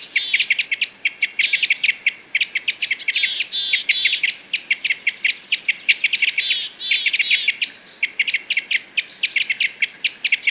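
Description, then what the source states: Parrot crossbill chattering almost continuously with sharp, repeated chup notes, a few brief thin squeaks above them. Call type N; excitement calls.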